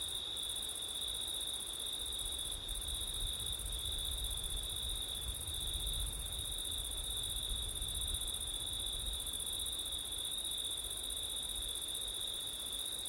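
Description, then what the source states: Crickets sing a constant, shrill chorus that never pauses, while low rumbling wind gusts run underneath for most of the stretch. Crickets on a September night with wind; labelled ortif.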